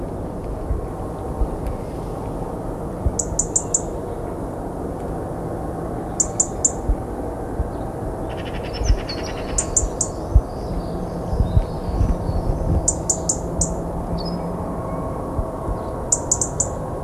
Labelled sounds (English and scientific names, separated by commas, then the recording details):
Dunnock (Prunella modularis)
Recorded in the wild
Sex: male
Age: adult
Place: Malchower Aue, Berlin, DE
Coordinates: 52.5808, 13.4886
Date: 1990-04-06 19:55
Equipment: Riporter 6 RG-K, Halbspur, Sennheiser MKH 416 T
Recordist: Frommolt, Karl-Heinz
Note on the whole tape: Gesang und Rufe